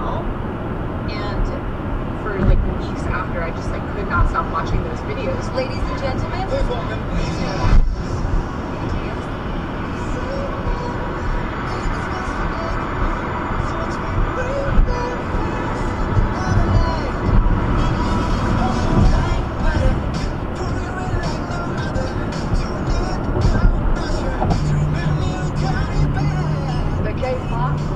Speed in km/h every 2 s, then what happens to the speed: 114, 114, 114, 111, 111, 111, 111, 113, 113, 113, 114, 113, 113, 111.
0-28 steady at about 113.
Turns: none.